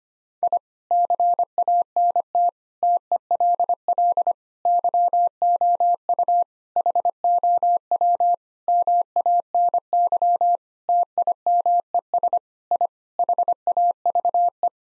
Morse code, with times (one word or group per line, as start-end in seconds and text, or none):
0.4-0.6 I
0.9-2.5 CANT
2.8-4.3 TELL
4.7-6.4 YOU
6.8-8.3 HOW
8.7-10.6 MANY
10.9-12.4 TIMES
12.7-12.9 I
13.2-14.7 HAVE